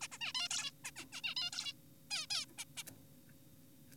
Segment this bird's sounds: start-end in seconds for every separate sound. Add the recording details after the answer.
0.01-0.08, 0.12-0.18, 0.21-0.32, 0.35-0.49, 0.51-0.71, 0.85-0.91, 0.96-1.05, 1.12-1.21, 1.24-1.35, 1.37-1.51, 1.53-1.73, 2.11-2.27, 2.31-2.45, 2.58-2.65, 2.77-2.83. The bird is an adult. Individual g4p5U